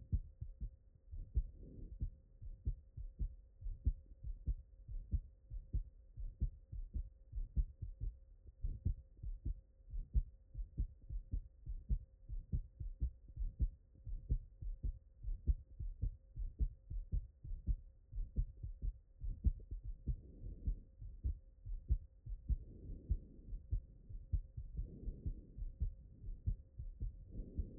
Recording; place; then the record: heart sounds by stethoscope; pulmonary valve (PV)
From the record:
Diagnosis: HFrEF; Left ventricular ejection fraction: 35%